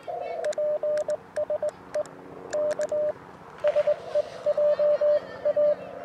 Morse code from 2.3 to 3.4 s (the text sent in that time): K